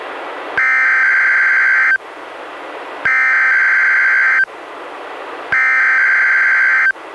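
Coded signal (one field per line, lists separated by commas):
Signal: Emergency Alert System (SAME) tones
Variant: header bursts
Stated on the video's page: NWR Required Weekly Tests from NWS Portland via Astoria weather radio station, recorded directly from a Reecom R-1630 weather radio by USB.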